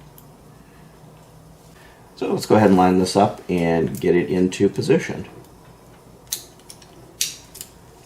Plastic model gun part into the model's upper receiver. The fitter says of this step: we go snaps right into place notice